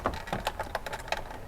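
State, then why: Not seated. A parking brake switch electrical connector is pushed onto its harness plug on a C7 Corvette Z06 during a carbon fiber steering wheel and center console install. A series of short, light plastic taps and rattles is heard, but the connector has not seated and nothing has clicked yet.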